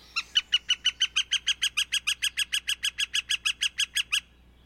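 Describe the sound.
Northern flicker call: a rapid, even run of many loud, sharp notes, stopping abruptly.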